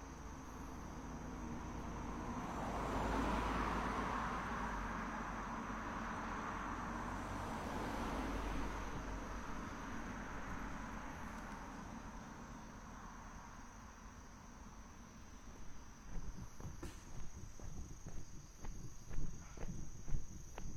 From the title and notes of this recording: 27℃ 多云天的午间散步. Noon Break Walking On A Cloudy Day.